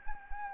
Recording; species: mosquito wingbeat signal from an infrared sensor; Anopheles gambiae